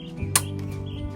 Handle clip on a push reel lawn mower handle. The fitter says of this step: here and then just push it in to your snap